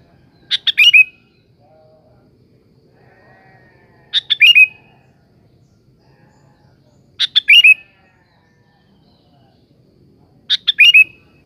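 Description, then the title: Sooty-headed bulbul repeating the same short bubbly whistled phrase four times, about every three seconds, with quiet background. "Kutilang"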